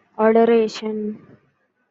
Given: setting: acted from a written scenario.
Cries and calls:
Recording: vocal sound without words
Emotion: adoration

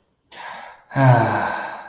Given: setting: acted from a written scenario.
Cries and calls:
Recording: vocal sound without words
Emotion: contentment

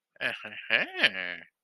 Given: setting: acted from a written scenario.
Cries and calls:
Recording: vocal sound without words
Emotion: desire

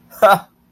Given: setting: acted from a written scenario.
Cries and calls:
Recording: vocal sound without words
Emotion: amusement

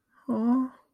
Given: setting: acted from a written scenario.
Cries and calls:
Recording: vocal sound without words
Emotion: sympathy

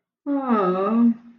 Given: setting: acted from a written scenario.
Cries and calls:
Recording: vocal sound without words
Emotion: sympathy

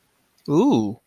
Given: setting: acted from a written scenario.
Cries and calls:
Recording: vocal sound without words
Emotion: interest

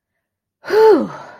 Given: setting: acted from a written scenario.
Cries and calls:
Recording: vocal sound without words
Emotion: relief

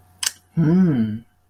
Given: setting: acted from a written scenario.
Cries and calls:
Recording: vocal sound without words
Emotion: desire

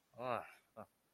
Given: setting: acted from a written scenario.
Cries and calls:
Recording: vocal sound without words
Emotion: negative surprise

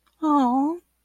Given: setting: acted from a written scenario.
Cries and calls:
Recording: vocal sound without words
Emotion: adoration

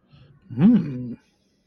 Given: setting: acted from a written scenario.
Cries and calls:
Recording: vocal sound without words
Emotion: desire

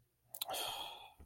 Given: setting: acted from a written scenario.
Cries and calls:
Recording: vocal sound without words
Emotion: guilt

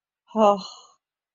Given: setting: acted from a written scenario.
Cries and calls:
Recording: vocal sound without words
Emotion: confusion

